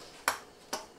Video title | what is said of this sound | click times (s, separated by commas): How To Bench Test a Motherboard and CPU Combo | you'll actually hear a clip when they snap in place okay | 0.3 s, 0.7 s